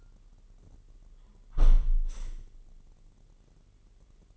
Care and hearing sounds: daily activity, microphone in the room; close window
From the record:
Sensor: 4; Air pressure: 999.3 hPa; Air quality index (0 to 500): 112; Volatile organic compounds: 2 ppm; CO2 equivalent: 1108 ppm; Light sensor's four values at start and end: 14/33/14/15 and 14/33/14/15

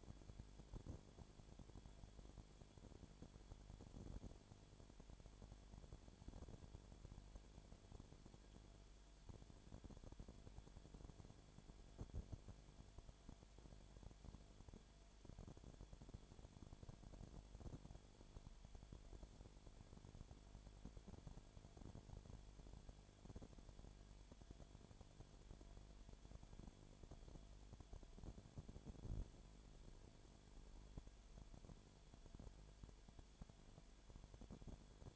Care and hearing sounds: daily activity, microphone in the room; no activity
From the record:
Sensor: 5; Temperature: 19.9 degrees Celsius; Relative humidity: 37.1%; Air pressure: 1007.4 hPa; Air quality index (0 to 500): 84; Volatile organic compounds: 1 ppm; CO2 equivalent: 957 ppm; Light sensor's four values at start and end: 2/3/1/1 and 2/3/1/1

